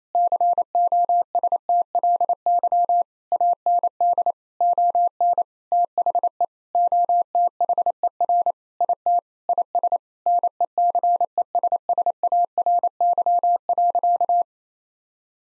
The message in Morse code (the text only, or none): COSTLY AND ON THE OTHER IT IS NECESSARY.